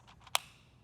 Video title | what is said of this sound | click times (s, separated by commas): Pediatric Diskus Tutorial | Slide the lever away from you until it clicks to get the medicine ready for you like this. | 0.4 s